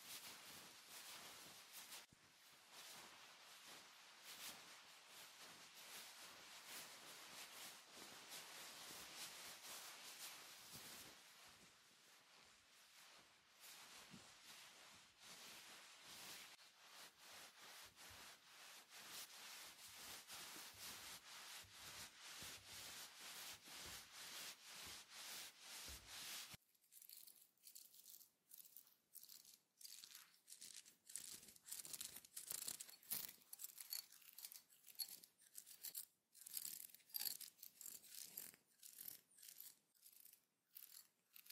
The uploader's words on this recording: Hair wash hair brushing scalp scratch head massage (no talking).